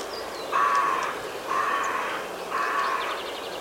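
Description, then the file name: Carrion crow calling: three harsh, hoarse caws, each about half a second long, spaced roughly one second apart. "Corvus corone"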